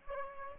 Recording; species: mosquito wingbeat signal from an infrared sensor; Aedes aegypti